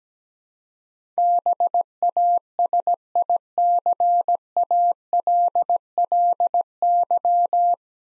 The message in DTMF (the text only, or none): none